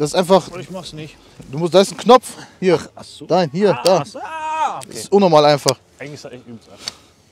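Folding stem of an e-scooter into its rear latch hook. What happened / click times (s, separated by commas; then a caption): Handled, not yet seated: scooter stem being folded, no latch click / none. Someone talks while handling a new Xiaomi Himo L2 Max e-scooter, getting its folding stem ready to latch into the rear hook that also holds a shopping bag. A button is involved, and faint handling noises sit under the speech. The stem has not latched into the hook yet, and nothing has seated or clicked.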